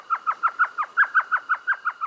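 Elf Owl giving an even, rapid chatter of about twelve short yelping notes, each slurring downward, sustained for two seconds.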